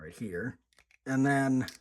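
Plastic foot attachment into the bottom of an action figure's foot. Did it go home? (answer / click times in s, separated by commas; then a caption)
no / none. A plastic foot attachment is handled against the bottom of an action figure's foot while someone talks, with a few faint soft ticks in the short pause between phrases. Nothing has seated or clicked into place yet.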